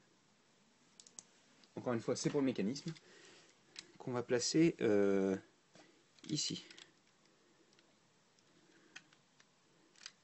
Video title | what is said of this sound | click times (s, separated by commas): LEGO Live Construction : Le loup Garou (2/2) [Français] | Et ça s'emboîte parfaitement, bien entendu. | 9.0 s, 10.1 s